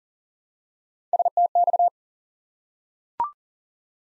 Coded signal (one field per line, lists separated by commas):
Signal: Morse code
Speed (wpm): 40 wpm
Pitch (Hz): 700 Hz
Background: none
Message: STX